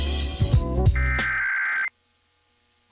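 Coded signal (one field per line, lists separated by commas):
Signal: Emergency Alert System (SAME) tones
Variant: header bursts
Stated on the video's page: Iowa state EAS tests, recorded from broadcast stations including TV channels.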